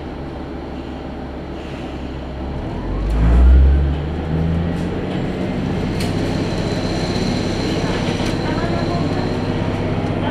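A train ride on the Tenryu Hamanako Railway from Kanasashi to Tenryu-Futamata: a steady low rumble throughout. Around three to four seconds the engine swells and its drone rises in pitch, then it settles into even running noise with occasional sharp clicks.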